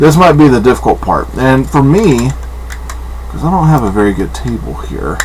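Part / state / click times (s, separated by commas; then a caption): electronic light brick part onto brick model / not seated / none. Someone talks while pushing an electronic light brick part onto a brick model, a difficult part to fit, with brief handling taps around 2.7 and 2.9 seconds. Nothing has seated or clicked yet.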